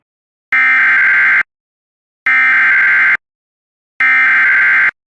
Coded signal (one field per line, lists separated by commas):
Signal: Emergency Alert System (SAME) tones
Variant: header bursts